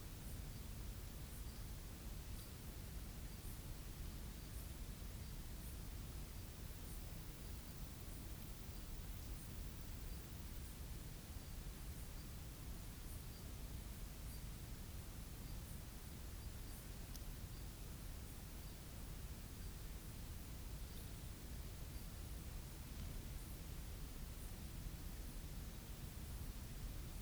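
A summer night in the bush on Ngarigo land: a steady, dense hum of cicadas and crickets, with faint high chirps pulsing about once a second.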